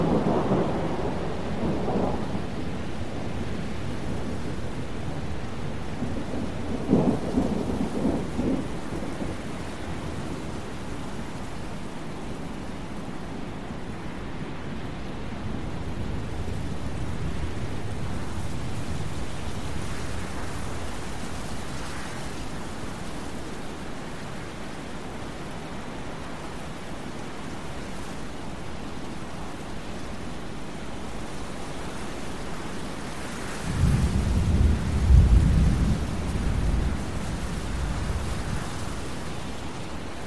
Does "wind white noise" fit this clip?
yes